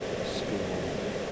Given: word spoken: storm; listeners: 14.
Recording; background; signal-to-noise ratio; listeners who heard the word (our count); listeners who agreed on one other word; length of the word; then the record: one English word in noise, from a listening test; speech-shaped noise; -5.1 dB; 0 of 14; 8 of 14; 0.92 s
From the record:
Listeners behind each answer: 8, 1, 1, 1, 1, 1, 1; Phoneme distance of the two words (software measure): 30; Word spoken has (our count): 1 syllable, 4 phonemes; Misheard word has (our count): 1 syllable, 4 phonemes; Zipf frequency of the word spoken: 4.46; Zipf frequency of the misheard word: 5.45